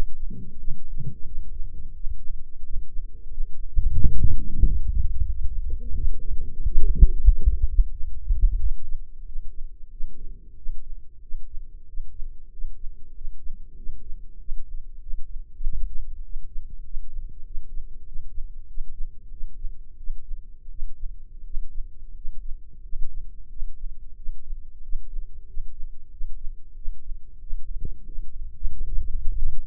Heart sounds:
heart sounds by microphone in the right ear; 92 bpm
0.55 s: heartbeat
1.24 s: heartbeat
1.92 s: heartbeat
2.61 s: heartbeat
3.28 s: heartbeat
3.94 s: heartbeat
4.60 s: heartbeat
5.27 s: heartbeat
5.92 s: heartbeat
6.57 s: heartbeat
7.23 s: heartbeat
7.89 s: heartbeat
8.56 s: heartbeat
9.23 s: heartbeat
9.88 s: heartbeat
10.54 s: heartbeat
11.19 s: heartbeat
11.84 s: heartbeat
12.49 s: heartbeat
13.12 s: heartbeat
13.74 s: heartbeat
14.37 s: heartbeat
14.98 s: heartbeat
15.60 s: heartbeat
16.21 s: heartbeat
16.81 s: heartbeat
17.42 s: heartbeat
18.03 s: heartbeat
18.65 s: heartbeat
19.29 s: heartbeat
19.95 s: heartbeat
20.68 s: heartbeat
21.42 s: heartbeat
22.13 s: heartbeat
22.81 s: heartbeat
23.48 s: heartbeat
24.14 s: heartbeat
24.80 s: heartbeat
25.45 s: heartbeat
26.09 s: heartbeat
26.74 s: heartbeat
27.39 s: heartbeat
28.04 s: heartbeat
28.69 s: heartbeat
29.32 s: heartbeat
From the record:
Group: healthy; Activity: rest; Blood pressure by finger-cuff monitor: 92/66 mmHg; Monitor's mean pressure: 75 mmHg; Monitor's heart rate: 92 bpm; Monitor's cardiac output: 7.5 L/min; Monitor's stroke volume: 82 mL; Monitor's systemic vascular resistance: 700 dyn s/cm5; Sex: male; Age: 19 years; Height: 178 cm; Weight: 83 kg

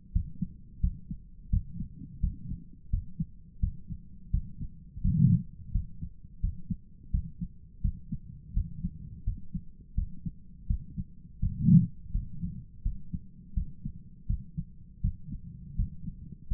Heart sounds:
heart sounds by stethoscope; 84 bpm
0.12 s: heartbeat
0.80 s: heartbeat
1.49 s: heartbeat
2.20 s: heartbeat
2.90 s: heartbeat
3.60 s: heartbeat
4.30 s: heartbeat
5.01 s: heartbeat
5.71 s: heartbeat
6.40 s: heartbeat
7.10 s: heartbeat
7.81 s: heartbeat
8.53 s: heartbeat
9.24 s: heartbeat
9.95 s: heartbeat
10.67 s: heartbeat
11.39 s: heartbeat
12.11 s: heartbeat
12.82 s: heartbeat
13.53 s: heartbeat
14.26 s: heartbeat
15.01 s: heartbeat
15.75 s: heartbeat
16.47 s: heartbeat
From the record:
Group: healthy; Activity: rest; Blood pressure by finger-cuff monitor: 91/63 mmHg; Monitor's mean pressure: 73 mmHg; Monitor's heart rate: 85 bpm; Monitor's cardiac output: 7.7 L/min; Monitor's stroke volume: 91 mL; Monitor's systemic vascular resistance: 670 dyn s/cm5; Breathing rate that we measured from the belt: 18 breaths a minute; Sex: male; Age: 57 years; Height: 188 cm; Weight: 106 kg

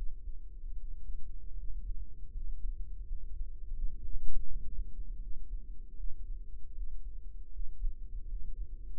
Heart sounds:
heart sounds by microphone in the right ear; 80 bpm
0.74 s: heartbeat
1.54 s: heartbeat
2.30 s: heartbeat
3.02 s: heartbeat
3.72 s: heartbeat
4.44 s: heartbeat
5.18 s: heartbeat
5.94 s: heartbeat
6.73 s: heartbeat
7.50 s: heartbeat
8.26 s: heartbeat
From the record:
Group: healthy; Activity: rest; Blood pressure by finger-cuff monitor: 93/52 mmHg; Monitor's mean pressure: 66 mmHg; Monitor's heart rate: 78 bpm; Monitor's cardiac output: 7.1 L/min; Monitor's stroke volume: 92 mL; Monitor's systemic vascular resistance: 670 dyn s/cm5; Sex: female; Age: 26 years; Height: 165 cm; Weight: 55 kg

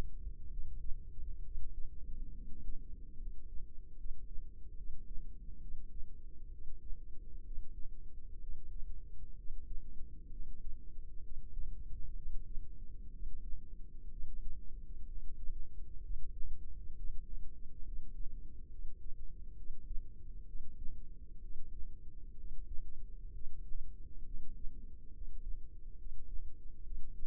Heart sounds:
heart sounds by microphone in the left ear; 66 bpm
0.48 s: heartbeat
1.42 s: heartbeat
2.32 s: heartbeat
3.17 s: heartbeat
3.95 s: heartbeat
4.75 s: heartbeat
5.59 s: heartbeat
6.49 s: heartbeat
7.42 s: heartbeat
8.39 s: heartbeat
9.34 s: heartbeat
10.29 s: heartbeat
11.21 s: heartbeat
12.13 s: heartbeat
13.10 s: heartbeat
14.09 s: heartbeat
15.05 s: heartbeat
16.00 s: heartbeat
16.94 s: heartbeat
17.82 s: heartbeat
18.68 s: heartbeat
19.54 s: heartbeat
20.44 s: heartbeat
21.39 s: heartbeat
22.34 s: heartbeat
23.31 s: heartbeat
24.23 s: heartbeat
25.11 s: heartbeat
25.96 s: heartbeat
26.81 s: heartbeat
From the record:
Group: healthy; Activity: rest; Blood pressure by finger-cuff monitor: 122/61 mmHg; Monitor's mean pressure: 79 mmHg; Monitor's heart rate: 65 bpm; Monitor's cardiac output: 5.8 L/min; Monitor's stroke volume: 88 mL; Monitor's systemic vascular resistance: 990 dyn s/cm5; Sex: female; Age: 32 years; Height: 168 cm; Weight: 61.9 kg

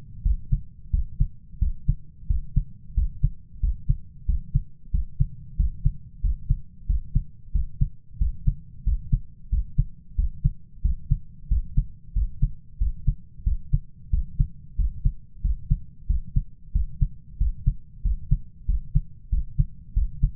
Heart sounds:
heart sounds by stethoscope; 91 bpm
0.25 s: heartbeat
0.93 s: heartbeat
1.62 s: heartbeat
2.30 s: heartbeat
2.97 s: heartbeat
3.63 s: heartbeat
4.29 s: heartbeat
4.94 s: heartbeat
5.59 s: heartbeat
6.24 s: heartbeat
6.89 s: heartbeat
7.55 s: heartbeat
8.21 s: heartbeat
8.87 s: heartbeat
9.52 s: heartbeat
10.18 s: heartbeat
10.84 s: heartbeat
11.51 s: heartbeat
12.16 s: heartbeat
12.81 s: heartbeat
13.46 s: heartbeat
14.13 s: heartbeat
14.79 s: heartbeat
15.44 s: heartbeat
16.09 s: heartbeat
16.75 s: heartbeat
17.41 s: heartbeat
18.05 s: heartbeat
18.69 s: heartbeat
19.32 s: heartbeat
19.96 s: heartbeat
From the record:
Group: healthy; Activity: rest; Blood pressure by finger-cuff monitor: 138/77 mmHg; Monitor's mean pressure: 93 mmHg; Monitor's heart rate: 91 bpm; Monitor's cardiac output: 7.6 L/min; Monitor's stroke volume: 83 mL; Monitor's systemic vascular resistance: 900 dyn s/cm5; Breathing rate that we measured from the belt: 21 breaths a minute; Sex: male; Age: 21 years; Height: 175 cm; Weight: 72.6 kg

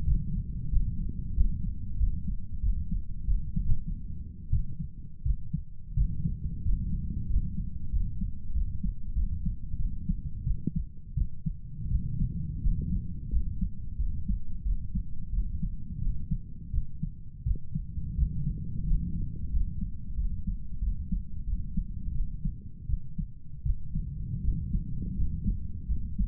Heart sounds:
heart sounds by stethoscope; 88 bpm
0.05 s: heartbeat
0.71 s: heartbeat
1.35 s: heartbeat
1.98 s: heartbeat
2.61 s: heartbeat
3.26 s: heartbeat
3.64 s: heartbeat
4.51 s: heartbeat
5.24 s: heartbeat
5.95 s: heartbeat
6.63 s: heartbeat
7.28 s: heartbeat
7.91 s: heartbeat
8.53 s: heartbeat
9.14 s: heartbeat
9.78 s: heartbeat
10.45 s: heartbeat
11.15 s: heartbeat
11.89 s: heartbeat
12.62 s: heartbeat
13.31 s: heartbeat
13.97 s: heartbeat
14.63 s: heartbeat
15.31 s: heartbeat
16.00 s: heartbeat
16.72 s: heartbeat
17.44 s: heartbeat
18.16 s: heartbeat
18.85 s: heartbeat
19.51 s: heartbeat
20.16 s: heartbeat
20.80 s: heartbeat
21.45 s: heartbeat
22.13 s: heartbeat
22.87 s: heartbeat
23.64 s: heartbeat
24.42 s: heartbeat
25.16 s: heartbeat
25.87 s: heartbeat
From the record:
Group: healthy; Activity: rest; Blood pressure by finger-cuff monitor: 114/64 mmHg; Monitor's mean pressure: 78 mmHg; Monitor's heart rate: 89 bpm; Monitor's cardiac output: 8.6 L/min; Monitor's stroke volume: 98 mL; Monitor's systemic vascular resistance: 660 dyn s/cm5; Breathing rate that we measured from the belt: 10 breaths a minute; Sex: male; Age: 35 years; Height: 180 cm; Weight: 86.9 kg

